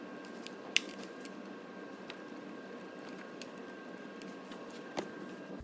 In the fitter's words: so the Pip's clipped in properly as you can just see just push them little tabs down as well and just give it a little pull